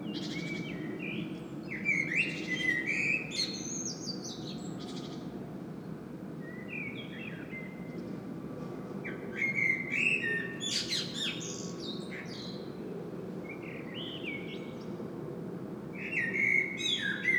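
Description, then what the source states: Common blackbird song in several short phrases, mellow whistled notes rising into scratchy high squeaks, spaced by pauses, over a constant low background rumble. Singing bird recorded in Saint-Gilles, Belgium, using a Sony PCM-M10 internal microphone.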